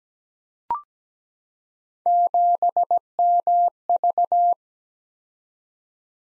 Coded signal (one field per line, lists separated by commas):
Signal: Morse code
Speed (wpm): 17 wpm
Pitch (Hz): 700 Hz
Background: none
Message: 7MV